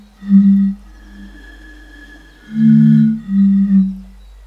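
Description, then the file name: European fire-bellied toad calls: a couple of soft low hoots, a pause, then two longer mellow hooting notes close together. "cnv 08-henrik olsson anders dahl - bombina bombina"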